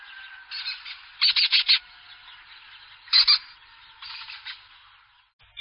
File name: cernicalo primilla